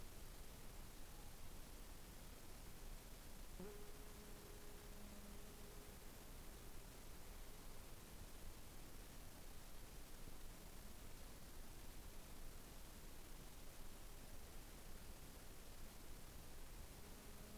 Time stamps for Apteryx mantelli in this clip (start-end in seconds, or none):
none